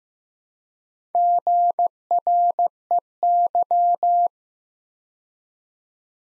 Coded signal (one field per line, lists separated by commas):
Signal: Morse code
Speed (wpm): 15 wpm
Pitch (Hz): 700 Hz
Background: none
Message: GREY